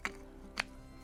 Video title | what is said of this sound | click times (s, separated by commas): Day 4 of getting the 66 Mustang into primer. | cap on, and that snaps into place, and | 0.6 s